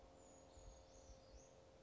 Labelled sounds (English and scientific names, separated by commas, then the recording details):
Brown Creeper (Certhia americana)
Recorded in Sonoma County, California